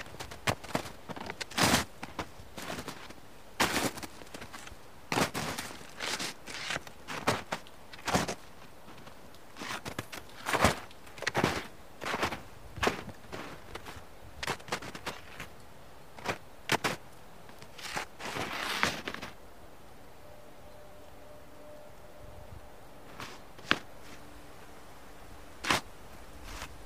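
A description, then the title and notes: Footsteps crunch through ice and snow at a brisk, uneven pace, each step a sharp, bright crackle. The steps run steadily for about nineteen seconds and then stop, leaving a quiet stretch with a faint steady hum and a few isolated crunches. Steps in Ice & Snow (Sleep & Study Soundscapes). Steps and walking in ice and snow.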